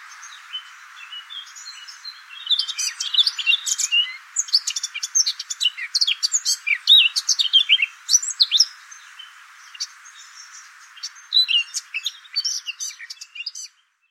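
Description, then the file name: Eurasian blackcap song beginning quietly, then a long rich warble of quick chirps and bright whistled notes. "Sylvia atricapilla"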